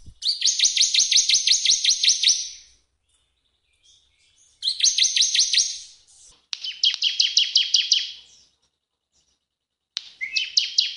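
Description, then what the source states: Bar-winged prinia song: fast, even volleys of high, shrill notes in bursts separated by pauses; several bursts in all. Cage-bird training recording; full rapid 'nembak' song style.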